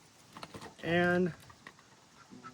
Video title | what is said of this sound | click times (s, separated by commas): How we cut Land Rover Switch Panels | We're just going to push that switch on in. Get it to lock into place. | 0.4 s